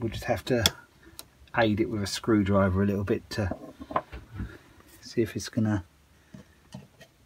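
A metal retaining part on a hedge trimmer gearbox shaft is worked with a screwdriver during reassembly of the gearbox, while someone talks. A few brief, sharp ticks sound around 3.9 s and near the end. The part has not seated or clicked into place yet.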